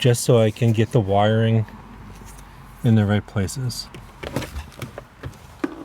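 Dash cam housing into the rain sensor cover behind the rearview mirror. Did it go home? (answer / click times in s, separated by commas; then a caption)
no / none. Someone talks while handling a Mangoal 4K integrated dash cam unit for an Audi A4, positioning it at the plastic rain sensor housing behind the rearview mirror. After the speech come a few short plastic ticks and knocks around 4.3 to 5.6 seconds as the housing is worked into place. Nothing has seated or clicked yet.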